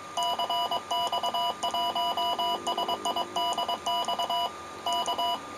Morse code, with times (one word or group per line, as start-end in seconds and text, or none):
0.2-4.5 CX1SIDX
4.9-5.4 K